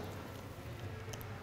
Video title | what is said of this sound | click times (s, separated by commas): Jorge Gutiérrez Hellin - Analizador de gases | se hace un clic. | 1.1 s, 1.2 s